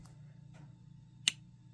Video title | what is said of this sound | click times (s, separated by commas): Kunwu Padre Folding Knife - Overview and Review | a nice click sorry I had my hand on that lock bar | 1.3 s